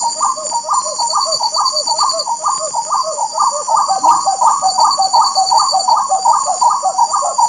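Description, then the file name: Spot-winged wood quail giving a continuous run of hoarse, rhythmic phrases in a rolling chorus, with constant high-pitched insects buzzing behind. Recorded at Jardim Bopiranga, Itanhaém, São Paulo state, Brazil, on 7 April 2009. "Odontophorus-capoeira-Jd Bopiranga-Itanhaem-SP-Brazil-7-4-09-ASilveira"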